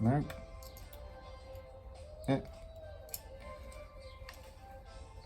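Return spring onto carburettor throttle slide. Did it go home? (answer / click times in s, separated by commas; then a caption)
yes / 3.1 s. A metal return spring is twisted onto the top of the throttle slide of an Amal 375 carburettor during a rebuild, after a failed first try, while someone talks over faint background music. A sharp, brief metallic click at 3.1 s marks the spring seating on the slide.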